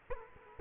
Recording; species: mosquito wingbeat signal from an infrared sensor; Culex quinquefasciatus